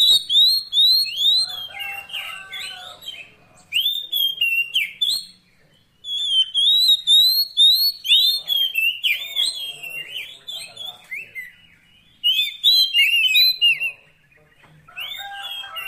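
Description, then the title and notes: Oriental magpie-robin singing nearly continuously, mixing clear whistles, rapid chips and lower warbled notes, with short pauses. Long-duration fill-in (isian) song of kacer, meant to get the bird singing vigorously (gacor) day and night. "Kacer Jadi Gacor Siang Malam. Isian Kacer Durasi Panjang"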